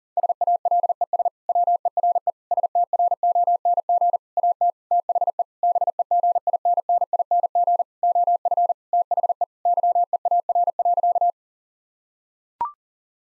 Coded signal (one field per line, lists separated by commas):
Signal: Morse code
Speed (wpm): 40 wpm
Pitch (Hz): 700 Hz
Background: none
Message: SALES WERE STRONG AT THE BEGINNING OF THE YEAR.